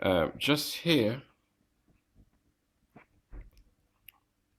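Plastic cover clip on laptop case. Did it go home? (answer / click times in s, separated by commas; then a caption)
released / 4.1 s. Someone talks, then works a plastic retaining clip that holds the front cover on an Advent laptop case, with faint handling sounds. The clip releases and pops open with a small, sharp click at 4.1 s.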